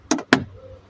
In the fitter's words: hierher, es wird festgezogen, es ist eingerastet.